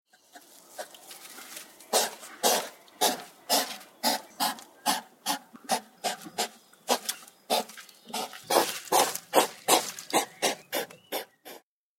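Hedgehog snuffling and huffing in quick, uneven bursts of breathy puffs, roughly two each second, continuing steadily with short pauses.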